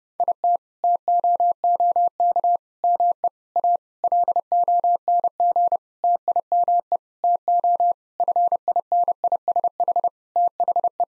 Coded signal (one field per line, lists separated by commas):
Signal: Morse code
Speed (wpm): 30 wpm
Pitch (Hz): 700 Hz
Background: none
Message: IT TOOK ME A LONG TIME TO FINISH THE